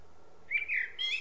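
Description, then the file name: Common blackbird giving a brief fluted note quickly followed by a thin high twittering trill. "Turdus merula"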